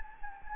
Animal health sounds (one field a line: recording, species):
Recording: mosquito wingbeat signal from an infrared sensor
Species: Anopheles gambiae